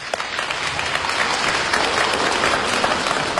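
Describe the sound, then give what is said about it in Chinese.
Wedding guests break into a dense, steady round of applause as the groom's mother is invited to speak, many hands clapping at once in a loud, continuous wash that holds evenly for a few seconds with no voices over it. “现在请男方的家长， 嗯， 他的母亲讲话，鼓掌。”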